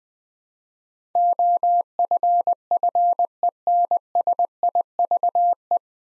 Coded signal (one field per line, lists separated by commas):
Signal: Morse code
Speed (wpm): 20 wpm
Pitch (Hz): 700 Hz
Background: none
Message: OFFENSIVE